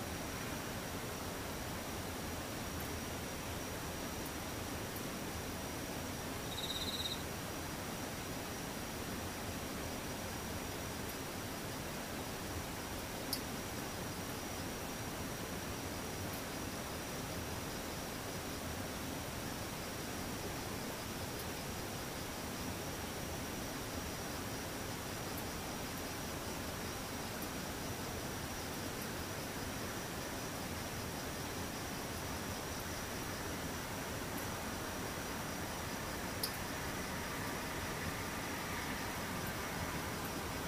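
Cicadas and insects drone steadily in a thick, even hiss with a constant high whine, broken by a brief chirp near seven seconds.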